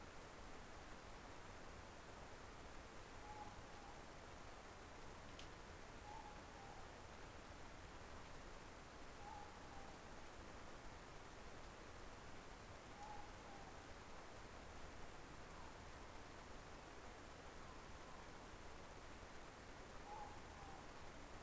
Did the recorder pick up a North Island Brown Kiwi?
no